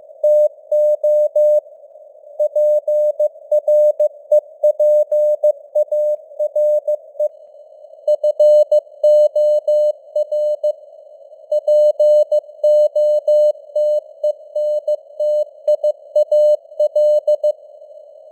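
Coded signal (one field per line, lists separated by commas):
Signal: Morse code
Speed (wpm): 15 wpm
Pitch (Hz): 600 Hz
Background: none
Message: TO PREPARE FOR POTENTIAL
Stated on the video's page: News headlines sent in Morse at 15 wpm with simulated radio noise and varying signal strength (QSB).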